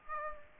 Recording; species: mosquito wingbeat signal from an infrared sensor; Aedes aegypti